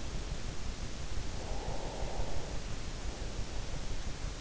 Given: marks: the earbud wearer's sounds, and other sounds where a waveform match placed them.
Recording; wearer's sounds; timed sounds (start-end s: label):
sounds in sleep by an in-ear microphone; breath
1.18-3.85 s: breath